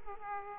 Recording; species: mosquito wingbeat signal from an infrared sensor; Aedes aegypti